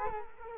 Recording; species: mosquito wingbeat signal from an infrared sensor; Culex quinquefasciatus